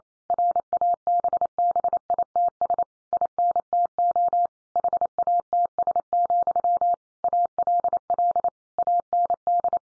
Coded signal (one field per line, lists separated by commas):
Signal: Morse code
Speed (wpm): 28 wpm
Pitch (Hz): 700 Hz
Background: none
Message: RABBITS INTO HATS, ALL AND